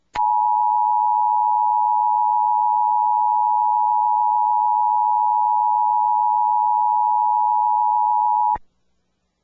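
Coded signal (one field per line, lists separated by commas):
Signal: Emergency Alert System (SAME) tones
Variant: 853 and 960 Hz attention tone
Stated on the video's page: National EAS test relayed by a low-power FM station, received from an AM station, with distant stations audible in the background relaying the same test.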